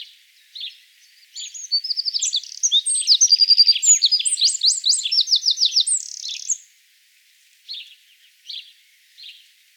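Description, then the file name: Eurasian wren delivering a long, loud, explosive song of rapid high trills and warbles lasting about five seconds, with a few isolated notes before and after. "zaunkoenig gesang nabu lars lachmann"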